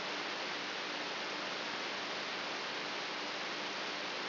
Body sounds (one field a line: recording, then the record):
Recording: brain microelectrode recording played as sound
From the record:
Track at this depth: inside the subthalamic nucleus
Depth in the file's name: 4.64 mm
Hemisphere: right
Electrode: 3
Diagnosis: Parkinson's disease